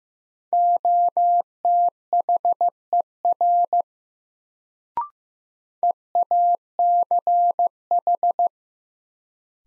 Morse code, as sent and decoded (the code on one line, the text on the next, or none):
--- - .... . .-. / . .- -.-. ....
OTHER EACH